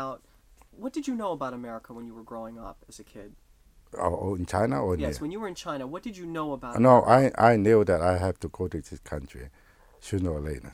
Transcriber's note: none